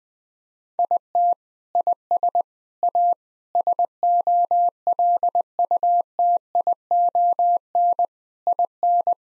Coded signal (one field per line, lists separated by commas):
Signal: Morse code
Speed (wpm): 21 wpm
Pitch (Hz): 700 Hz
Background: none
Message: IT IS A SOLUTION IN